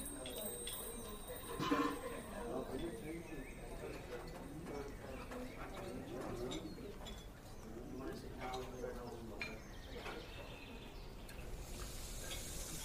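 Fantasy fairy cafe ambience with a steady, dense murmur of overlapping voices running the whole way through. A sharp bright clink rings out near the two-second mark, and a soft airy hiss swells in toward the end.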